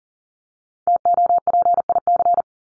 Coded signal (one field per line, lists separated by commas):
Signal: Morse code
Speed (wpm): 40 wpm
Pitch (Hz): 700 Hz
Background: none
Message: TOPIC